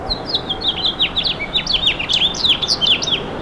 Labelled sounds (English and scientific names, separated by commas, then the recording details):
House Finch (Haemorhous mexicanus) song
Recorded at Babylon on Long Island, New York, on 18 May 2013
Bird F